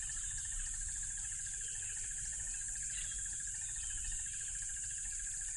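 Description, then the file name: Crickets in an unbroken high trill with a pulsing buzz beneath, some scattered ticking notes and a soft low rumble. Loud crickets by a tropical river. "smartsound ATMO NATURE Tropical River Loud Crickets"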